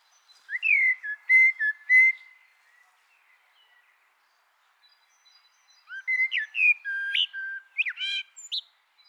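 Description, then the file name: Eurasian blackbird song in two phrases: mellow level whistles, a pause of several seconds, then fluted notes closing with a shrill, squeaky flourish. "Turdus merula"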